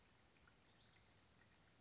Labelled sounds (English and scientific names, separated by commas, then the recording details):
Western Flycatcher (Empidonax difficilis)
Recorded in Sonoma County, California